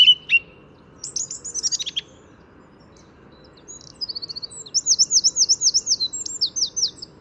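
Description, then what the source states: Song Thrush song: a sharp note, a descending tumble of notes, then a quick series of repeated high whistled notes, over a faint low background hum. Spring, around daybreak in an urban park in the Paris region; the song thrush resumes singing after landing on a branch just in front of the recordist.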